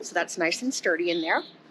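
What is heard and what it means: Someone talks while handling a soft-top roof bar, marked with arrows pointing forward, about to be squeezed down into its roof mount on a Lotus Elise. Only speech is heard, with no distinct clicks or impacts. Nothing has seated or clicked yet.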